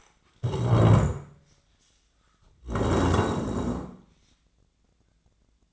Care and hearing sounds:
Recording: daily activity, microphone in the room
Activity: stand up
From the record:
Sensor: 3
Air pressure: 1012.3 hPa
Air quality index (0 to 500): 174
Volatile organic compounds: 3 ppm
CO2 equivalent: 1328 ppm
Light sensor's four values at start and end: 92/202/97/110 and 69/162/75/83

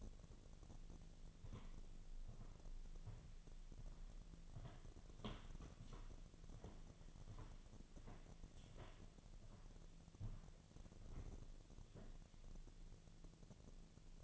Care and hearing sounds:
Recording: daily activity, microphone in the room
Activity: walk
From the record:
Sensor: 4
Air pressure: 1009.1 hPa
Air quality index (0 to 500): 169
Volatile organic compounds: 4 ppm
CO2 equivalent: 1699 ppm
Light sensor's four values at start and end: 24/76/29/28 and 24/75/28/27

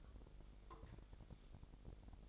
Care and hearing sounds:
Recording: daily activity, microphone in the room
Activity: take from stove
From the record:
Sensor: 5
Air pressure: 999.4 hPa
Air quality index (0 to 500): 222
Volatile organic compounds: 21 ppm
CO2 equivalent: 2715 ppm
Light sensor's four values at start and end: 30/68/28/28 and 30/69/28/28

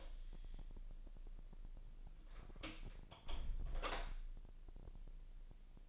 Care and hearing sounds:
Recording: daily activity, microphone in the room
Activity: close door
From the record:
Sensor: 5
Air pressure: 1001.2 hPa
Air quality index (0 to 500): 248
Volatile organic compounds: 35 ppm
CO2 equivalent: 3066 ppm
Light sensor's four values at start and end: 36/83/33/31 and 36/83/33/31

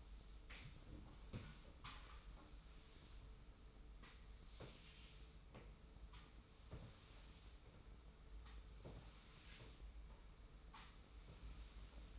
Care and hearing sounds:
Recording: daily activity, microphone in the room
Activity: sweep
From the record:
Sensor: 1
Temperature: 25.3 degrees Celsius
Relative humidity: 41.5%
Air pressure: 991.4 hPa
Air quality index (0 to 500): 127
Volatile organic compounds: 318 ppm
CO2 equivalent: 4520 ppm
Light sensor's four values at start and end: 41/125/50/52 and 42/126/50/52

